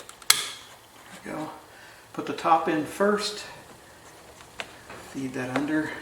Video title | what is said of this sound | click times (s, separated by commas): C5 Corvette – Power window regulator/motor replacement – DIY instructions | that in all the way till it snaps there | 0.3 s